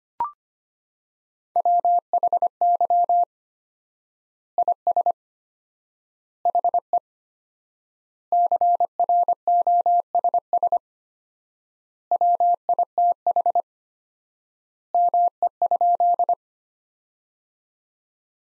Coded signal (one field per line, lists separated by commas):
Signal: Morse code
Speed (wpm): 25 wpm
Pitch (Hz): 700 Hz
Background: none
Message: WHY IS HE CROSS WITH ME?